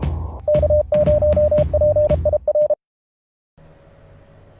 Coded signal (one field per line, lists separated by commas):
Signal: Morse code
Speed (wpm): 32 wpm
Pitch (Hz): 600 Hz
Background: none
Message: K0PIR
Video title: N3FJP Field Day Log Phone and CW Setup with Icom 7300